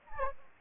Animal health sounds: mosquito wingbeat signal from an infrared sensor; Anopheles arabiensis

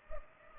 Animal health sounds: mosquito wingbeat signal from an infrared sensor; Culex pipiens

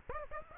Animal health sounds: mosquito wingbeat signal from an infrared sensor; Aedes aegypti

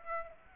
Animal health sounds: mosquito wingbeat signal from an infrared sensor; Aedes aegypti

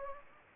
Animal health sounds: mosquito wingbeat signal from an infrared sensor; Anopheles gambiae

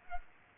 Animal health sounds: mosquito wingbeat signal from an infrared sensor; Aedes aegypti

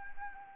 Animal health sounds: mosquito wingbeat signal from an infrared sensor; Anopheles arabiensis

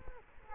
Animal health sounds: mosquito wingbeat signal from an infrared sensor; Culex quinquefasciatus

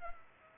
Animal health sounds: mosquito wingbeat signal from an infrared sensor; Culex pipiens

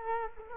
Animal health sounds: mosquito wingbeat signal from an infrared sensor; Culex quinquefasciatus

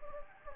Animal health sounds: mosquito wingbeat signal from an infrared sensor; Anopheles gambiae

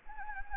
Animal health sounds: mosquito wingbeat signal from an infrared sensor; Anopheles gambiae

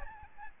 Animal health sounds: mosquito wingbeat signal from an infrared sensor; Aedes albopictus

